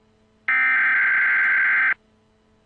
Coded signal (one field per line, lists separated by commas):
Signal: Emergency Alert System (SAME) tones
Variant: header bursts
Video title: Emergency Alert System EAS Tones from 12 Different Countries 5/13/24